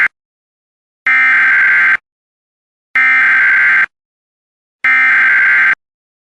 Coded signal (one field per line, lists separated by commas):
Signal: Emergency Alert System (SAME) tones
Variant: header bursts